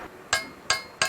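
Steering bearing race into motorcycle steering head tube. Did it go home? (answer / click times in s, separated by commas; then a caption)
yes / 1.0 s. A new, oiled lower steel steering bearing race is tapped into a motorcycle steering head tube with a hammer and drift, striking only the part the bearing does not run on. Three sharp metallic taps ring out at 0.3, 0.7 and 1.0 seconds. The race is judged seated flush by the taps after the third one at 1.0 seconds.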